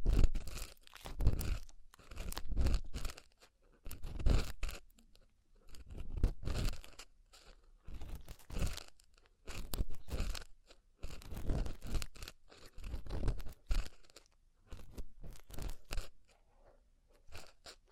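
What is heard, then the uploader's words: Ear cleaning sounds come as repeated bursts of crisp crunching and scratching, each lasting about a second, with short quiet gaps between them. The bursts keep a fairly regular rhythm across the whole stretch, bright and dense, with a soft low thump at the start of some. ASMR Deep Ear Cleaning Session.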